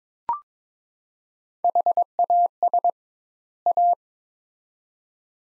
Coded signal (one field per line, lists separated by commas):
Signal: Morse code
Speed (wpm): 22 wpm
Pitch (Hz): 700 Hz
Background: none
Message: HAS A